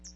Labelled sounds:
Hooded Warbler flight call

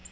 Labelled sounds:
Yellow-rumped Warbler flight call

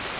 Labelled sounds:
Yellow-rumped Warbler flight call

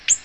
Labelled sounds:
Ovenbird flight call

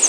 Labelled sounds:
Pine Warbler flight call

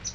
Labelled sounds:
Palm Warbler flight call

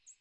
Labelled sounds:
American Redstart flight call

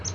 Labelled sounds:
Palm Warbler flight call

